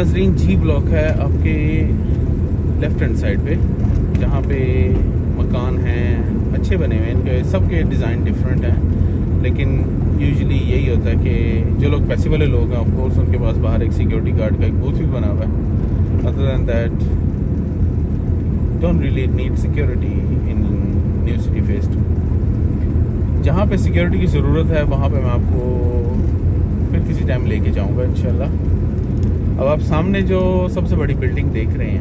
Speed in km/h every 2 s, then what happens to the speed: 26, 26, 27, 27, 28, 28, 28, 27, 26, 26, 25, 25, 27, 27, 27, 27.
0-32 steady at about 27.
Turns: none.